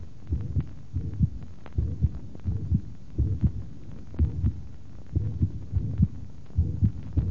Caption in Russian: Звуковой картины на верхушке при сочетании митрального стеноза и митральной недостаточности на фоне мерцательной аритмии.